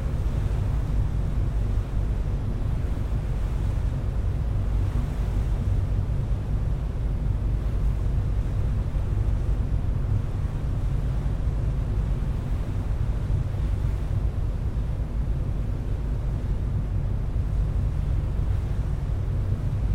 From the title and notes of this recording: Car Deck Port Fore Launch And Bow Wash Stereo. A days' worth of round-trips on the Seattle-Bainbridge Island Ferry, nearly all short fore-and-aft from then passenger and car decks.